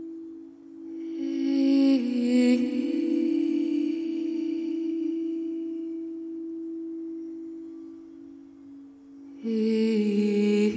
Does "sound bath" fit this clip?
yes